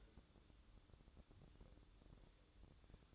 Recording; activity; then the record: daily activity, microphone in the room; take from stove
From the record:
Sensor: 3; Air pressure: 1008.1 hPa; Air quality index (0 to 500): 131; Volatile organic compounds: 2 ppm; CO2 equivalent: 1082 ppm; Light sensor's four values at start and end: 8/20/8/7 and 8/20/8/7